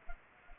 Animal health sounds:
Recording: mosquito wingbeat signal from an infrared sensor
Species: Culex pipiens

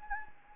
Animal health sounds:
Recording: mosquito wingbeat signal from an infrared sensor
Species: Anopheles gambiae

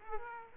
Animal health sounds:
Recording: mosquito wingbeat signal from an infrared sensor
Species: Aedes aegypti

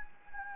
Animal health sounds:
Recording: mosquito wingbeat signal from an infrared sensor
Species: Anopheles gambiae

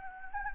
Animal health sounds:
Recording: mosquito wingbeat signal from an infrared sensor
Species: Anopheles gambiae

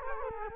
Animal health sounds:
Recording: mosquito wingbeat signal from an infrared sensor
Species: Culex quinquefasciatus

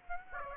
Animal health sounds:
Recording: mosquito wingbeat signal from an infrared sensor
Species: Aedes aegypti

